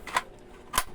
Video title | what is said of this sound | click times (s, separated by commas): UNBOXING DEMO IMPACT WRENCH AT IMPACT WRENCH SOCKET REVEIW | so P Once na nag-lock niyan hindi na siya mahuhulog Ayan oh baliktarin natin | 0.2 s, 0.8 s